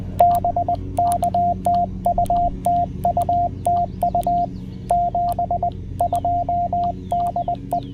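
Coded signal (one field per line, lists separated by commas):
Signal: Morse code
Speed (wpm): 20 wpm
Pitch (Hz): 700 Hz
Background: radio noise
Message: BK TU TU TU 72 DE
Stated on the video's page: QRP CW park activation from Great Seal State Park, using a Penntek TR-45L Skinny, paddles and a homebrew 40m EFHW.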